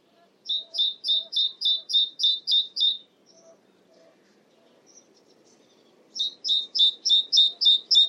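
Great tit giving two runs of bright, high two-note phrases repeated about three times a second, separated by a quieter pause with faint soft chirps.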